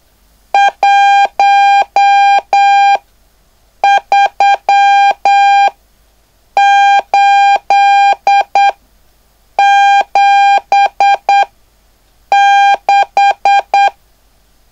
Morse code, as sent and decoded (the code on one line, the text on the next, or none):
.---- ...-- ---.. --... -....
13876